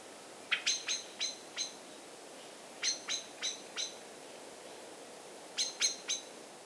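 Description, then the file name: Common blackbird giving rapid strings of hard ticking calls, first five, then four, then three notes, each string delivered in quick even succession. "Turdus merula"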